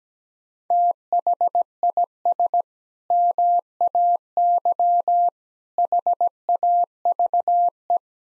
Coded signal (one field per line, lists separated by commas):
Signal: Morse code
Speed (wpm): 17 wpm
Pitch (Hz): 700 Hz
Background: none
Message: THIS MAY HAVE